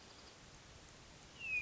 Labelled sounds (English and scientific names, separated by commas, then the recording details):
Hermit Thrush (Catharus guttatus)
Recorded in Sonoma County, California